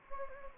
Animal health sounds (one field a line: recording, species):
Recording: mosquito wingbeat signal from an infrared sensor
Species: Anopheles gambiae